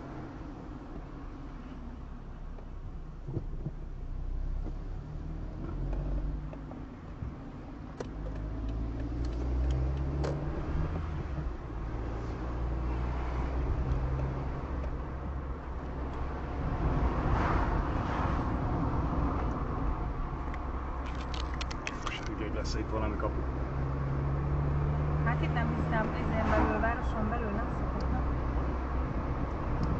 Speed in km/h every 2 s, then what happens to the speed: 24, 13, 17, 24, 26, 35, 42, 41, 45, 42, 38, 39, 47, 50, 53.
0-2 brakes to 13. 3-12 speeds up to 42. 12-17 steady at about 42. 17-21 slows to 38. 21-30 speeds up to 53.